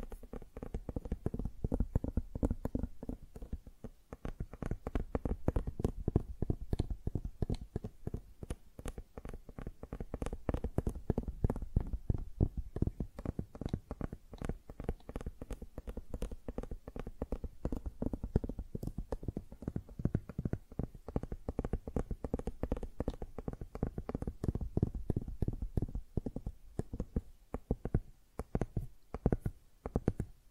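Tingly flower sounds made of rapid, dense tapping and rustling clicks that run almost without pause for the whole clip. The taps are soft and low with crisp tops, steady in pace, briefly thinning near four seconds and again around twenty-seven.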